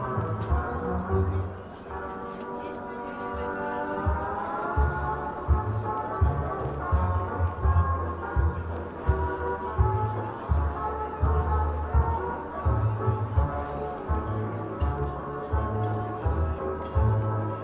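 Oldie music plays in a coffee shop, a steady tune with sustained melodic lines and a regular low bass pulse thumping roughly twice a second. Light talking mixes faintly underneath, and the music thins briefly around two seconds before settling back in.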